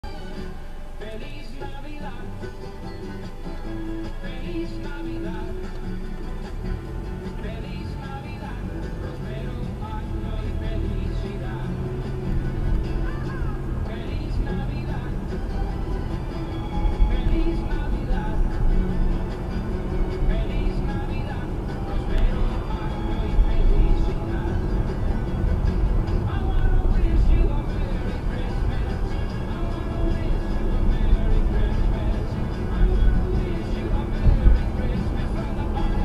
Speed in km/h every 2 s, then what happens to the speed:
0, 0, 0, 5, 18, 24, 29, 34, 39, 40, 42, 44, 47, 47, 48, 47, 47, 50.
0-5 standing. 5-24 pulls away to 47. 24-36 steady at about 47.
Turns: none.